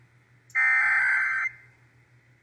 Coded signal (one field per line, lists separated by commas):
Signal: Emergency Alert System (SAME) tones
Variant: header bursts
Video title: (EAS #889-895) June 2025 Texas Required Monthly Test